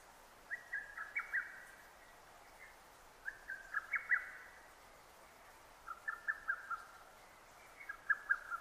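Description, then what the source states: Lesser cuckoo singing four short bursts of quick clipped notes, spaced by pauses of around two seconds, slightly subdued over steady background hiss. 6 June 2009.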